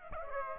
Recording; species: mosquito wingbeat signal from an infrared sensor; Aedes aegypti